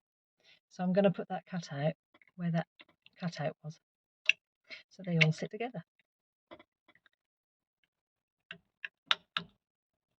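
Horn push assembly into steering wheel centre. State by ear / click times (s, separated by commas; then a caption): seated / 9.1 s, 9.4 s. Someone talks while lining up the cutouts on the horn push parts of a Morris Minor Series 2 steering wheel centre. A few sharp clicks follow as the horn push assembly is pressed together, clicking into place at 9.1 s and 9.4 s and seating in the steering wheel centre.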